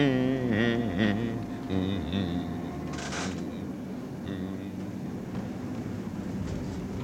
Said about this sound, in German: Sieh doch mal, du. Da kommt noch eine Straßenbahn. Um die Zeit?